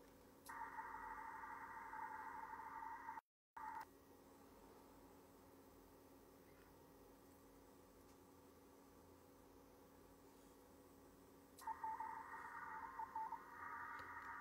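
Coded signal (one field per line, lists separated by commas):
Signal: RTTY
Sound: several overlapping warbling two-tone teletype signals, then a quiet hissy gap, then they return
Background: radio static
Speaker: estoy llamando c cutters quiere decirse q con tres llamada general el concurso de a dos ccg que es mi indicativo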